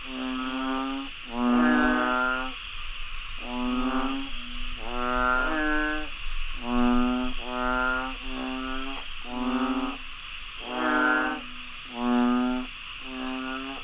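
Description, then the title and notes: Chorus of frogs giving repeated nasal, harmonic croaks, many bursts overlapping irregularly, accompanied by a constant shrill insect hum. Frogs croaking after heavy rainfall in Chiang Mai, Thailand. "Frogs croaking after heavy rainfall in Chiang Mai, Thailand. Alex Boyesen"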